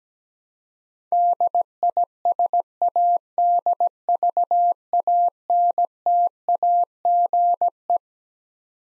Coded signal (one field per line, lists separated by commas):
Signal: Morse code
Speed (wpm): 17 wpm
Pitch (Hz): 700 Hz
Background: none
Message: DISADVANTAGE